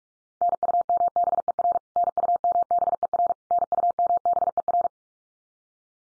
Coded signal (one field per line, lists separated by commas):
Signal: Morse code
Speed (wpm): 44 wpm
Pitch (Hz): 700 Hz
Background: none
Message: NUMBER NUMBER NUMBER